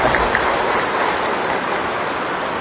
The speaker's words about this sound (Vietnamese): thì tôi cũng xin chúc mừng, và các vị cho một tràng pháo tay khích lệ chúc mừng